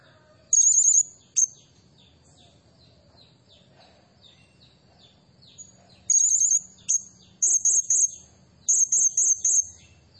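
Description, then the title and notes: Blue-crowned hanging parrot calls: sharp, piercing high chirps, two short bursts early, then a long gap before several rapid clusters of three to four notes. Tutor and lure recording of a highly vocal serindit, used to train captive birds and described as calling intensely enough to provoke all other birds. "Burung Serindit Nembak Gacor Bikin Emosi Semua Burung. Suara Nasteran Dan Pemikat Burung Serinditan Gacor"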